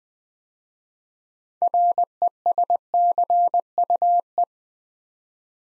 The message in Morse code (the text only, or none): RESCUE